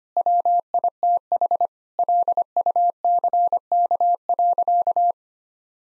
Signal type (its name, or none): Morse code